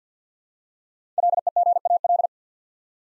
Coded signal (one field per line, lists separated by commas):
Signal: Morse code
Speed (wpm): 49 wpm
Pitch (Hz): 700 Hz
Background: none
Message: LEGAL